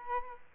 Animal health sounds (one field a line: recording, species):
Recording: mosquito wingbeat signal from an infrared sensor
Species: Aedes aegypti